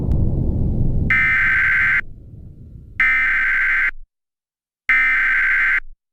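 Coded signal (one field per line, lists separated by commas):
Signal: Emergency Alert System (SAME) tones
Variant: header bursts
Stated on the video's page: Simulated EAS scenario, fictional July 4th special.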